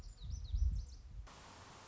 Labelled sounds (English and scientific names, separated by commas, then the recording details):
Lazuli Bunting (Passerina amoena)
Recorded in Sonoma County, California